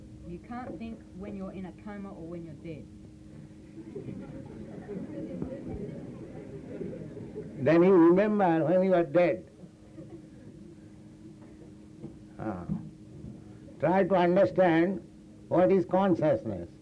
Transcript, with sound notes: You can't think when you're in a coma or when you're dead. [laughter]
Then you remember when you were dead. Try to understand what is consciousness,